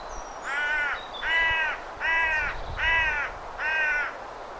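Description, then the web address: Bird giving five harsh caws in a steady series, each about half a second long, with short gaps between them. "cianscape. Deverinetal 2025. Bird Only"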